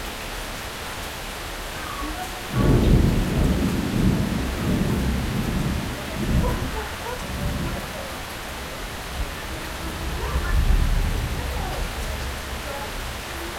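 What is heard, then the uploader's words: An evening thunderstorm in North Kolkata: steady rain hiss under low rolling thunder that swells near three seconds and again near eleven. North Kolkata Evening Thunderstorm.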